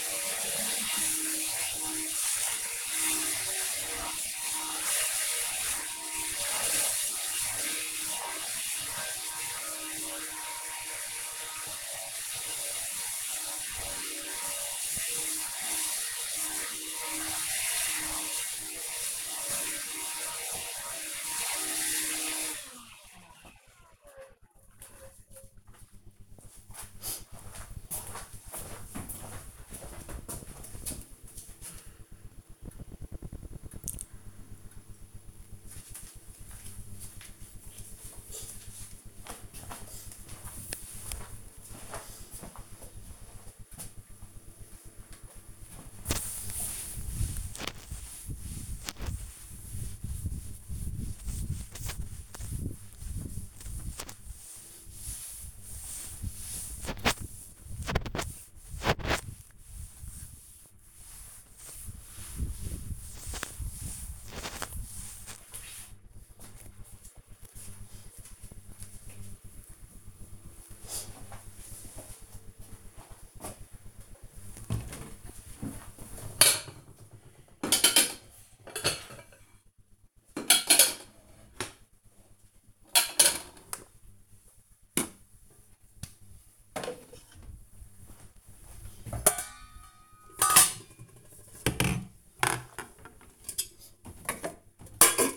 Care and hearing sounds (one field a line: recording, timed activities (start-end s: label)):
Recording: household activities, microphone on the right wrist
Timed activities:
0.00-23.73 s: vacuum cleaning
44.87-65.98 s: cleaning table
74.00-95.37 s: putting away the dishes